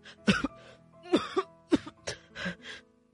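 A rapid series of harsh, dry coughs, about six or seven bursts in quick succession with raspy, strained breaths between them, sounding frantic and choking.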